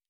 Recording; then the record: hydrophone in a shrimp aquaculture tank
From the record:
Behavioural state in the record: normal